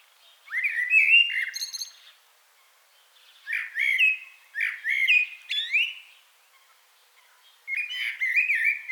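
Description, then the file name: Common blackbird delivering three unhurried phrases of low, mellow whistles that slide into high, squeaky flourishes, separated by pauses. "Turdus merula"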